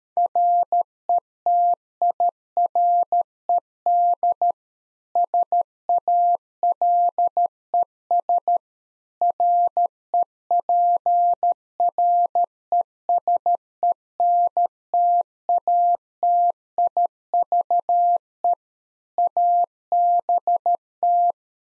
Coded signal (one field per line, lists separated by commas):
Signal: Morse code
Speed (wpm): 13 wpm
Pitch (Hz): 700 Hz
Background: none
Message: RETIRED SALES REPRESENTATIVE ABT